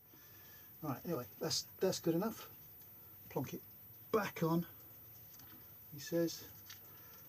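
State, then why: Not seated. A spark plug lead cap is being handled on an Evo Harley motorcycle engine, ready to be pushed back onto the spark plug terminal, while someone talks in short bursts. Nothing has seated or clicked yet; the clip ends before the cap goes home.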